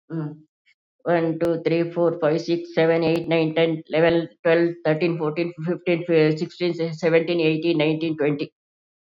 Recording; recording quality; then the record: counting at a fast pace; excellent, no background noise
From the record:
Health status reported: COVID-19 positive, moderate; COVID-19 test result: positive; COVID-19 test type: RT-PCR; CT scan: not taken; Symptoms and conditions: cough, fever, fatigue, hypertension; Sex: female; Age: 71 years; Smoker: no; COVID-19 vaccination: both doses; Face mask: worn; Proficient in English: no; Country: India